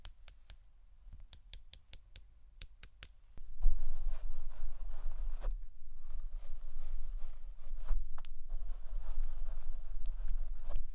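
A microphone is tapped and brushed. For the first three and a half seconds there are quick, sharp taps in an uneven rhythm over a low hum. Then a steady, scratchy brushing takes over until the end, broken by a few louder knocks.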